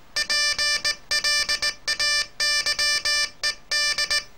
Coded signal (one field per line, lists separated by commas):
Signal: Morse code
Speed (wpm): 18 wpm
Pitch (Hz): 1750 Hz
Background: music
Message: PLAYED